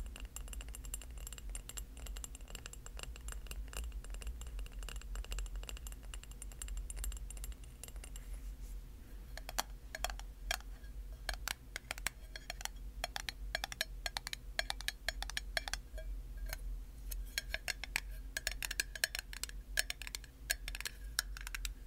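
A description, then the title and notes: Tapping and scratching sounds over a constant low hum, sparse at first and then becoming dense and irregular after about eight seconds, with rapid clicks and scrapes continuing to the end. A steady high whine persists through the first third. Tapping, scratching, liquid sounds.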